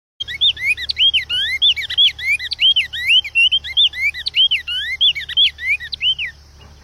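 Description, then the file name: Cinnamon Tanager song, a brisk, continuous series of bright, slurred whistled notes lasting about six seconds before stopping. "Canto do bico de veludo"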